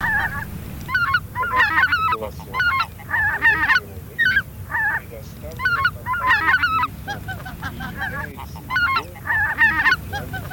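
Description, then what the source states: Greater white-fronted goose: greater white-fronted geese in a noisy flock, bursts of laughing, yelping honks coming in quick overlapping volleys over a continuous low rumble. Flock chatter, recorded as a lure for decoying.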